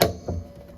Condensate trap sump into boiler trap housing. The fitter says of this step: that means the back's clicked in you can pull up the front and you can click the fronting